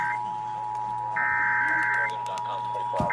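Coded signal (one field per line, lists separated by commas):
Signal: Emergency Alert System (SAME) tones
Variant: header bursts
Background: speech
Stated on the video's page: Los Angeles Required Monthly Test on the Emergency Alert System.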